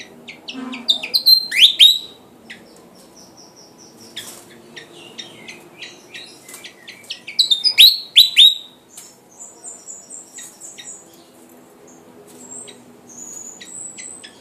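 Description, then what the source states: Flycatcher song comes in two loud bursts of sharp, descending whistles, separated by sparse high ticks and thin trills. Singing vigorously (gacor).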